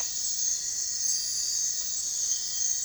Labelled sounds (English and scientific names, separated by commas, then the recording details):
none
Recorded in dense forest near Puerto Asís, Putumayo, Colombia, on 26 December 2024 at 03:30
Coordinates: 0.468, -76.322
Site G071